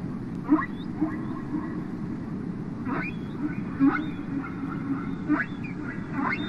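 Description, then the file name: Humpback whale sounds: a series of short, rasping upward sweeps and grunts repeated irregularly over several seconds against a low steady rumble. "Ballena Jorobada"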